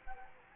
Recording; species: mosquito wingbeat signal from an infrared sensor; Anopheles gambiae